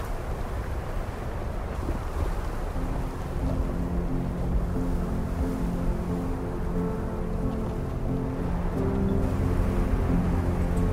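Epic music set against a roaring snowstorm wind. A dense, low rush of wind runs throughout, and after about three seconds deep sustained notes enter and hold, shifting to a new chord near nine seconds as the sound grows slightly louder.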